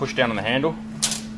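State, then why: Seated. Someone talks while pushing down on the handle of a valve spring compressor that sits over the top of the valve to compress the valve spring. A single sharp click at 1.0 s marks the tool locking in place, so it is seated.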